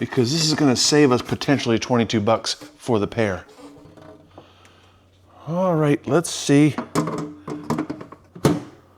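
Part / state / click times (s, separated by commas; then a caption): plastic door shelf into refrigerator door mounts / seated / 7.7 s, 8.4 s. A repaired plastic refrigerator door shelf is pushed back down onto its mounts on the fridge door while someone talks. Two loud, sharp snaps ring out at 7.7 s and 8.5 s as the shelf seats and locks into place.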